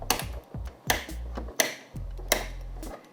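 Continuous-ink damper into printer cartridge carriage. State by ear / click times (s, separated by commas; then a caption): seated / 0.1 s, 0.9 s, 1.6 s, 2.3 s. Plastic dampers of a continuous ink supply system are pressed one by one into a printer's cartridge carriage, where the original cartridges were. Four sharp clicks are heard at about 0.1, 0.9, 1.6 and 2.3 seconds, with a low hum between them. Each damper clicks into place, and the part is installed.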